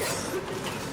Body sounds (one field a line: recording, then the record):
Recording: coughing mixed with background sound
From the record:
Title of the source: 34 coughing up crap again